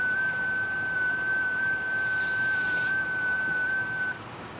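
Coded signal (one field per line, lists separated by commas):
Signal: FT8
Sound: a steady single tone near 1.5 kHz with tiny pitch steps, over room hiss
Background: room noise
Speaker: each computer has microphone and it'll hear in the other computer in theory so let's see what happens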